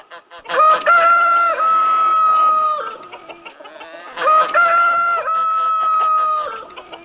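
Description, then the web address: Chicken: rooster crowing twice, each a loud cock-a-doodle-doo with short stuttering opening notes and a long, held final note, a few seconds apart. Rooster crowing as a morning wake-up call. "Rooster Cock Morning Wake Up"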